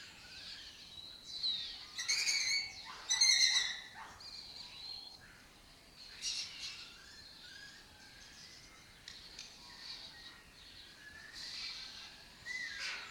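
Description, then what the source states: Lesser kestrel calls: two loud, harsh, rasping bursts close together among quieter scattered calls. Colony of lesser kestrels that took over an abandoned building complex in Doñana; migratory raptor that forages in West Africa and breeds in southern Europe.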